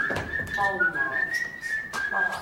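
Someone whistles a tune in a clear, steady tone, the melody gliding through small pitch steps without pause, with faint breathy noise and a few soft knocks underneath.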